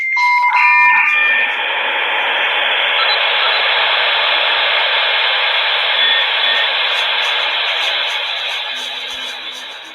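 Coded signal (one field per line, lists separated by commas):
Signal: dial-up modem handshake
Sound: brief steady tones and chirps, then loud continuous wideband hissing data noise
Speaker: yeah i found this here this is connecting with aol 4.0 the dial-up sound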